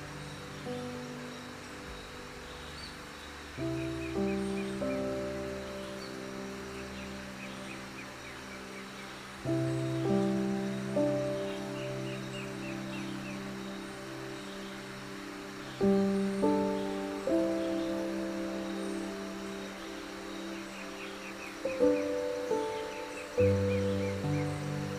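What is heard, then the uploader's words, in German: Steady rushing water forms a constant bed while small birds chirp in short bright bursts that recur throughout. Low, sustained droning tones sit underneath, shifting to a new pitch roughly every six seconds with a slight swell each time. Schlafmeditation: Einschlafen im Regenwald. Entspannte Vogel- und Wasserfallgeräusche begleiten dich in einen tiefen Zustand der Entspannung.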